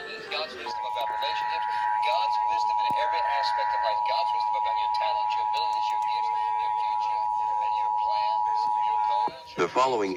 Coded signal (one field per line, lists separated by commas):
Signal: Emergency Alert System (SAME) tones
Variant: 853 and 960 Hz attention tone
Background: speech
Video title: (EAS #449 - #456) WENT GOOD UNTIL THE END - EAS Tests from 3/15/22 - 3/16/22